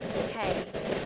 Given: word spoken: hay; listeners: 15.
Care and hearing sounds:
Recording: one English word in noise, from a listening test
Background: noise modulated by three-talker babble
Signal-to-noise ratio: -5.1 dB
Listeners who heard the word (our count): 3 of 15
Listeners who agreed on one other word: 6 of 15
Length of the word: 0.66 s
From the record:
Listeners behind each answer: 6, 3, 3, 2, 1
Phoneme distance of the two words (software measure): 10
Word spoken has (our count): 1 syllable, 2 phonemes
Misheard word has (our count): 1 syllable, 2 phonemes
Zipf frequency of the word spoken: 4.06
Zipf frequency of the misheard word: 5.40

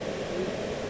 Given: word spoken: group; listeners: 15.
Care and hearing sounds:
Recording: one English word in noise, from a listening test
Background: speech-shaped noise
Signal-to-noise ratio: -4.4 dB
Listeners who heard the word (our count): 2 of 15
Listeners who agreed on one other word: 7 of 15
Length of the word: 0.50 s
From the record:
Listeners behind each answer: 7, 2, 2, 1, 1, 1, 1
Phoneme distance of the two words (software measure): 17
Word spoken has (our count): 1 syllable, 4 phonemes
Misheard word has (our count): 1 syllable, 3 phonemes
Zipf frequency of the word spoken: 5.19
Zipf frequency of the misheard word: 4.60

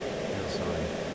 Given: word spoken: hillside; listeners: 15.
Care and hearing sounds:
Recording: one English word in noise, from a listening test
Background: speech-shaped noise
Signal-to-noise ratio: -5.0 dB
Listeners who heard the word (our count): 2 of 15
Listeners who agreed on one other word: 10 of 15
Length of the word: 0.74 s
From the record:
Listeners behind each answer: 10, 2, 2, 1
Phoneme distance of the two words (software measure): 27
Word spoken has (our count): 2 syllables, 6 phonemes, stress on syllable 1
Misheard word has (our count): 2 syllables, 5 phonemes, stress on syllable 1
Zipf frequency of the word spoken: 3.52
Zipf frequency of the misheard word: 5.32

